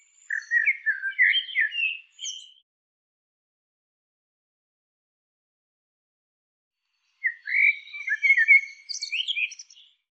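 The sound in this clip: Bird chirps in two short bursts of quick, squeaky twittering notes, separated by a long silence.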